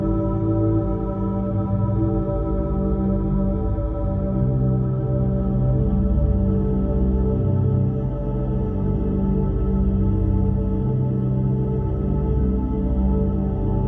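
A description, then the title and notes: A steady 963 Hz tone drones on, layered with a stack of sustained ringing pitches that recall a singing bowl. The low end is thick and slowly wavering, while the loudness stays nearly constant for the whole stretch, with no separate events. Solfeggio Frequency 963Hz.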